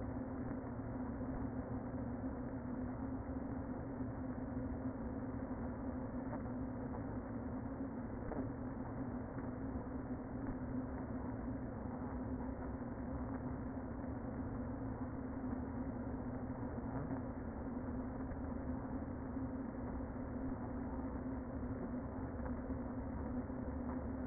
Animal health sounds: honeybee colony, microphone inside the hive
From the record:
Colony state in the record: queen present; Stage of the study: before two queens were removed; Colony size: about 60,000 bees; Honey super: yes

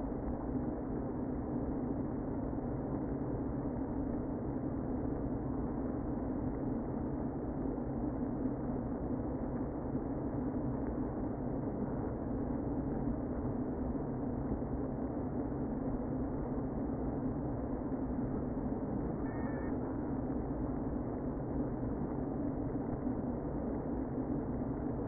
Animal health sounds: honeybee colony, microphone inside the hive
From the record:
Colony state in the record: queen present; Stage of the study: before two queens were removed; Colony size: about 60,000 bees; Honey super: yes

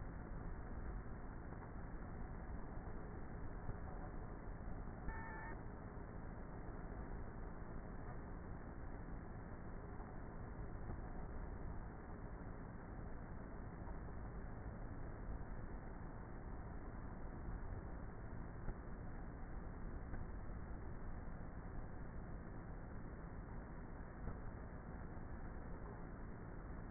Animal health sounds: honeybee colony, microphone inside the hive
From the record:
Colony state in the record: queenless with a low population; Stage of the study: before two queens were removed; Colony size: about 30,000 bees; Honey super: no

